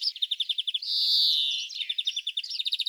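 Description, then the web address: European greenfinch song: quick twittering trills, then a long, wheezy, buzzing drawn-out note, then more rapid twitters. "Carduelis chloris"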